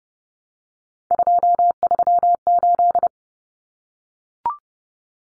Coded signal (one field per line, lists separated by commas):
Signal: Morse code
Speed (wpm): 30 wpm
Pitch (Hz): 700 Hz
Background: none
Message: 238